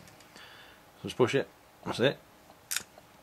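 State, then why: Seated. A child pushes the collapsible plastic track section of the railway bridge from the LEGO Movie Bad Cop's Pursuit set 70802 back up into place while someone talks. A sharp snap at 2.8 s marks the bridge section locking back into place.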